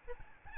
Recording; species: mosquito wingbeat signal from an infrared sensor; Aedes albopictus